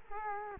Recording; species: mosquito wingbeat signal from an infrared sensor; Culex quinquefasciatus